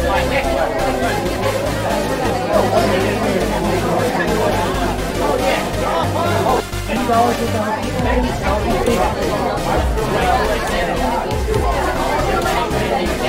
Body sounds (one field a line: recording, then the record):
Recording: background sound without coughing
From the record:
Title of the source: Nightlife Party Simulating Party Club Noise 1 Hour